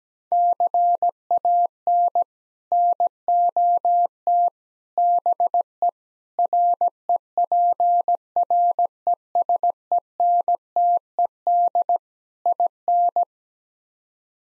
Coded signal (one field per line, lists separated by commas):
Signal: Morse code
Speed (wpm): 17 wpm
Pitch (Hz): 700 Hz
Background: none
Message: CAN NOT BE REPRESENTED IN